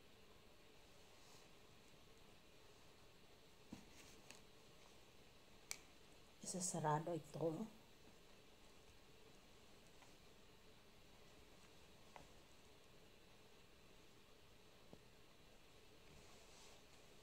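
A dropper cap or nozzle is handled over a plastic extraction tube during a home rapid antigen test, with a few faint ticks of handling, while someone talks briefly in the middle. The cap has not clicked shut or seated on the tube by the end of the clip.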